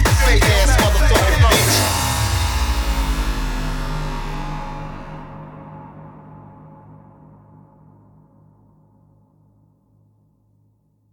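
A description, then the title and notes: A thunderclap opens with a rapid series of sharp cracks over the first second and a half, loud and bright. It then rolls into a deep, rumbling decay that steadily darkens and fades, leaving only a faint low growl by about ten seconds. Thunder.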